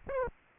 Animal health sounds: mosquito wingbeat signal from an infrared sensor; Aedes aegypti

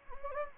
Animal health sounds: mosquito wingbeat signal from an infrared sensor; Anopheles gambiae

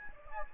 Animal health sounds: mosquito wingbeat signal from an infrared sensor; Anopheles gambiae

